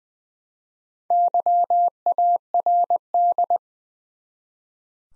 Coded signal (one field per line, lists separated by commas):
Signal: Morse code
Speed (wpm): 20 wpm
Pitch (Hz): 700 Hz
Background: none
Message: YARD